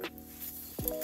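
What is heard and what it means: A bent steel or silver spoon piece, the brow of a spoon-owl sculpture, is handled at a slot in the owl's head as it is slipped on to be pushed in. Music plays throughout, with short sharp ticks near 0.9 s and 1.0 s. Nothing has seated or clicked into the slot yet.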